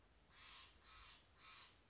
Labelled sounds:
Steller's Jay (Cyanocitta stelleri)
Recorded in Sonoma County, California

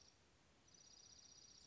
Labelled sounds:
Dark-eyed Junco (Junco hyemalis)
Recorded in Sonoma County, California

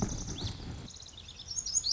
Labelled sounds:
Lazuli Bunting (Passerina amoena)
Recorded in Sonoma County, California

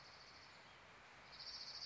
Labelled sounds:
Orange-crowned Warbler (Leiothlypis celata)
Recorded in Sonoma County, California

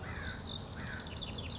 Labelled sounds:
House Wren (Troglodytes aedon)
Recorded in Sonoma County, California

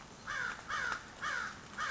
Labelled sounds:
American Crow (Corvus brachyrhynchos)
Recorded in Sonoma County, California

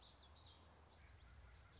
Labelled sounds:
Common Yellowthroat (Geothlypis trichas)
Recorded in Sonoma County, California

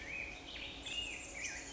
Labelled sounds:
Black-headed Grosbeak (Pheucticus melanocephalus)
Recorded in Sonoma County, California

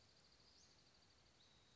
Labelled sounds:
Western Flycatcher (Empidonax difficilis)
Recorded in Sonoma County, California

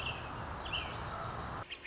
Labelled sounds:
American Robin (Turdus migratorius)
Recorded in Sonoma County, California

